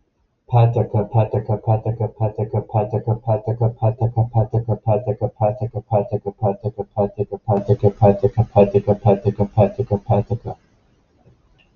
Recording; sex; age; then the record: repeated syllables /pa ta ka/; male; 20 to 29 years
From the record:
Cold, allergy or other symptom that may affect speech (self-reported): no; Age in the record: 22 years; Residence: Florida, United States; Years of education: 15